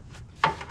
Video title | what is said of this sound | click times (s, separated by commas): Cold Air Intake (RotoFab Install 6.2 Silverado ) | how you know it's going to be in the right spot you hear click in and | 0.4 s